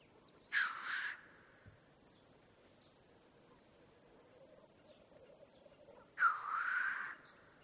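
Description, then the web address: Black grouse producing two harsh hisses about six seconds apart over a soft low bubbling and steady background hiss. "ptitsa-teterev-variant-2"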